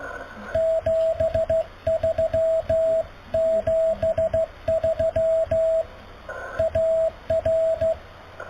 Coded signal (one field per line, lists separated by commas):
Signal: Morse code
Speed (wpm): 15 wpm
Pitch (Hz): 650 Hz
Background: radio noise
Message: 73 73 AR